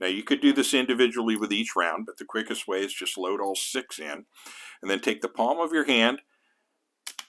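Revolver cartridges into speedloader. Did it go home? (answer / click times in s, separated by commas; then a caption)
yes / 7.1 s, 7.2 s. Six revolver rounds sit loaded in a speedloader and are pressed down with the palm so the spring captures the cartridge rims. Someone talks for most of the clip, then after a short silence two sharp clicks are heard at 7.1 s and 7.2 s as the cartridges lock into place in the speedloader.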